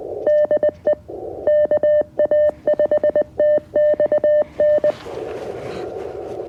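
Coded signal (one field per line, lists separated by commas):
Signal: Morse code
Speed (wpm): 20 wpm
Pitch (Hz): 600 Hz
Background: none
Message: DE KA5TXN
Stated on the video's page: QRP CW Parks on the Air activation on 20m with a CFT1 transceiver, UMMP-1 key and OCF dipole antenna, in real time.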